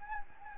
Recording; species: mosquito wingbeat signal from an infrared sensor; Anopheles gambiae